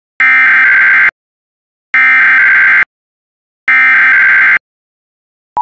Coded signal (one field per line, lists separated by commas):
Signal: Emergency Alert System (SAME) tones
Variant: header bursts